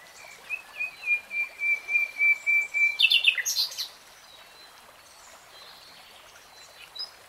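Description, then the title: Nightingale song: a series of steady repeated piping whistles swelling in volume, ending in a harsh burst, then near quiet. Nightingale singing in real time. "[Tiếng chim hót] 3 Hours REALTIME Nightingale Singing"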